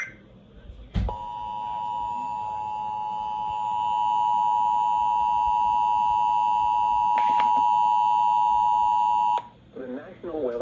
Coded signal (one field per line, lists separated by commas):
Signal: Emergency Alert System (SAME) tones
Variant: 853 and 960 Hz attention tone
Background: speech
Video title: NINE ELEVEN WEATHER- EAS Alerts on 9/11/2022 (EAS #237-249)